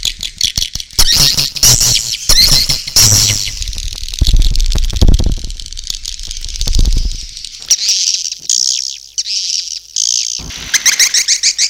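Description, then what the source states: Swiftlet twittering comes in high bursts, mixed with low rumbling thumps and knocking noises in the middle. Swiftlet sounds used for swiftlet farming in Asia.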